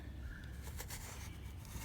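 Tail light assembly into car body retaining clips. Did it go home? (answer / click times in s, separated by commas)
no / none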